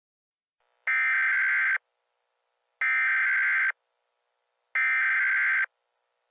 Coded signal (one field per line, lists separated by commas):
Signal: Emergency Alert System (SAME) tones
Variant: header bursts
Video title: EAS Scenario: Vampire Hunters - Dire Warnings (5 Year Channel Special)